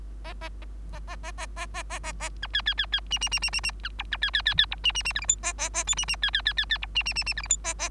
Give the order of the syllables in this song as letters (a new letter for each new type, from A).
A A A A A A A A A A A A B C C C C D D D D D D B E B C C C C E D D D F G H A A A I D D C C C C C E D D D D F G H A A